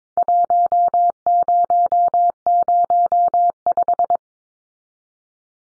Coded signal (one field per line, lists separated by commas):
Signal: Morse code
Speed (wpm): 22 wpm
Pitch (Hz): 700 Hz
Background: none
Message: 1005